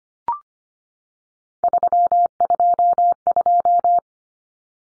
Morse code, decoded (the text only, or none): 322